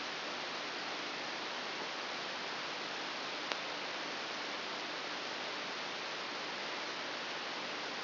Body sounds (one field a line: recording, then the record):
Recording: brain microelectrode recording played as sound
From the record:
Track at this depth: inside the subthalamic nucleus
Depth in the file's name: 0.609 mm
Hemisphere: right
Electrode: 3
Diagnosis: Parkinson's disease